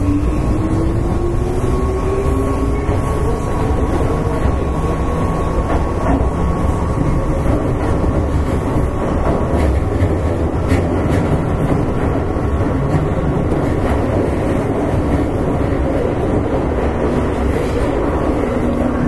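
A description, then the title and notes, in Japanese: Running sound of an electric train heard from inside a limited express car: a dense, steady low rumble of wheels and motors fills all nineteen seconds. A rising motor whine climbs early on, and a thin steady tone sits above the roar throughout. 京阪電鉄6000系電車の走行音です。特急列車での収録。区間は葛葉から淀屋橋までです。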